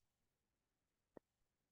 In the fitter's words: can you hear the click and you squeeze a little bit out scoop it off and then